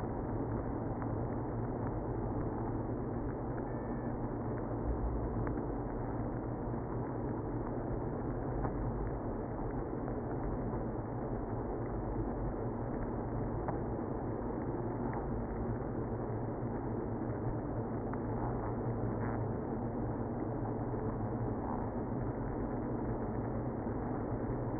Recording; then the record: honeybee colony, microphone inside the hive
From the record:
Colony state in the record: queenless (queen removed); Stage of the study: after two queens were removed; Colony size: about 60,000 bees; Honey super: yes